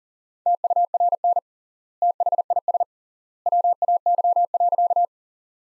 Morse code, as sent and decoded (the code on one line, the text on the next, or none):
- ..- .-. -. / - .... .. ... / .-- .- -.-- .-.-.-
TURN THIS WAY.